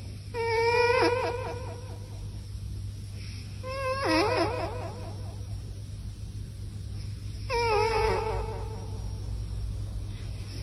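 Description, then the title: Cat meowing: three drawn-out, wavering harmonic meows a few seconds apart, over a steady low electrical hum. "miau cat"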